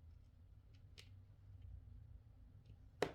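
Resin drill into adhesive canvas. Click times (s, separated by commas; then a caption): 1.0 s, 3.0 s. Abstract-shaped resin diamond painting drills are pressed from a multi tray into the adhesive canvas over a low background hum. Two sharp snaps are heard as drills seat into the canvas, a softer one at 1.0 s and a much louder one at 3.0 s.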